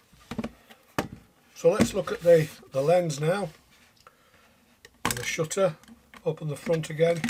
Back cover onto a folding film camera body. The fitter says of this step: put it on the top and slide into place and then press it tightly until it clicks